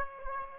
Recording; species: mosquito wingbeat signal from an infrared sensor; Aedes aegypti